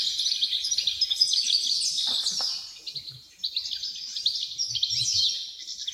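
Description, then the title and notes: Wren chorus of high, rapid trills and chips, dipping briefly midway before resuming, with soft low rustles beneath. Dozens of wrens in the backyard of a home in Dover, southern Tasmania. "Nature Sounds Tasmania - Dover Wrens. The sounds of dozens of wrens in the backyard of a home in Dover, southern Tasmania"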